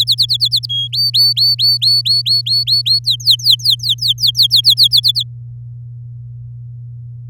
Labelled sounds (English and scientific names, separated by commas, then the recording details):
Domestic Canary (Serinus canaria) song
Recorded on 11 May 2018 at 06:11
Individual llb16